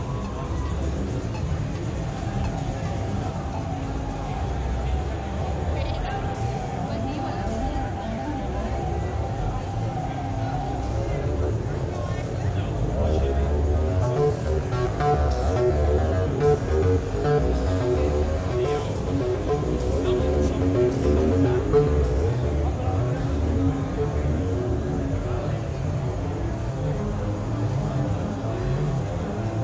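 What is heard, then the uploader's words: Sightseeing through the shopping area of a modular synth festival: a steady wash of crowd chatter and voices fills the whole half minute. Low rumbling sound runs underneath, a sustained tone holds until about eleven seconds, and the mix grows slightly fuller afterward. Sightseeing in the shopping area of Ginko Modular Festival at De Besturing - The Hague. Recorded with Zoom H6's Mid-Side microphone. Around 6-7 PM.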